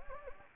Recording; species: mosquito wingbeat signal from an infrared sensor; Anopheles gambiae